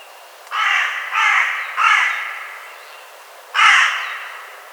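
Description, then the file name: Carrion crow cawing: three harsh, hoarse caws in quick succession, a pause, then one more caw, over a quiet background. "Corvus corone"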